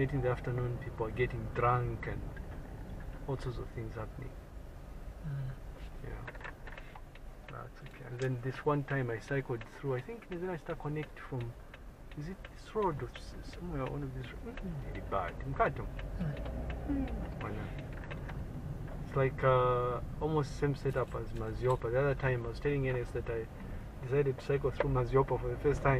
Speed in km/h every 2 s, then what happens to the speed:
12, 8, 6, 3, 2, 3, 5, 9, 15, 14, 9, 8, 8.
0-7 slows to 2. 7-9 standing. 9-16 pulls away to 15. 16-21 slows to 8.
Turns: none.